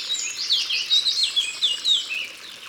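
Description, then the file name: Eurasian blackcap song: a rapid, rich warble of whistled and slurred notes, loud and bubbling, then tapering off. Recorded in Ardèche. "Fauvette-A-Tete-Noire-Concerts-Naturels-De-l Ardeche"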